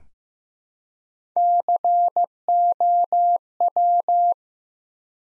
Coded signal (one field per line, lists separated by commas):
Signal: Morse code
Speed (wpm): 15 wpm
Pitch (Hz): 700 Hz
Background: none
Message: COW